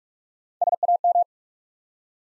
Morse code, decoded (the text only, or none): SAM